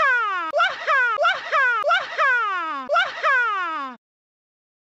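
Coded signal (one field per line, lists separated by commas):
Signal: none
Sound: a TV's default beeps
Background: speech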